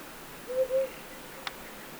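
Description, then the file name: Himalayan wood owl double hoot, two short low notes in quick succession, followed by a sharp click in quiet hissing background. Hu Ping Shan, Hunan, China; recorded 2 July 2012. "Himalayan Wood Owl 120702-023 China Hunan Hu Ping Shan"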